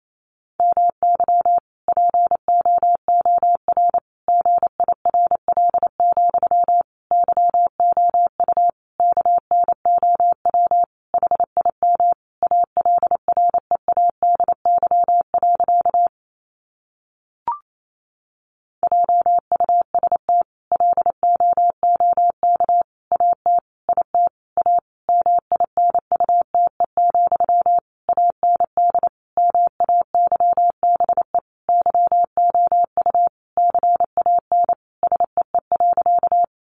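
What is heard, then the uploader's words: Morse code beeps in a single steady mid-pitched tone, keyed in quick, regular bursts of short and long sounds with small gaps between letters. Near the middle the sending stops for about two seconds, broken by one faint click, then resumes at the same pace. Sentences from Top 1000 Words 28wpm. First, the words are sent in Morse code.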